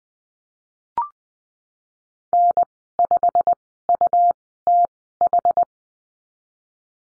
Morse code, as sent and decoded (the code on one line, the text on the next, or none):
-. / ..... / ..- / - / ....
N 5 U T H